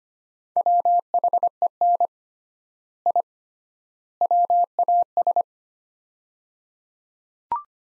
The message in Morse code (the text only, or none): WHEN I WAS